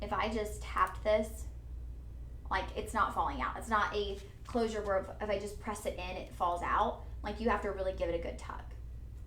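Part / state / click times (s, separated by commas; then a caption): metal jewelry clasp closing into its catch / not seated / none. A metal jewelry clasp is handled near its catch while a woman talks. It is tapped and tugged, and no snap or sudden sound stands out over the speech. Nothing has seated or clicked into the catch yet.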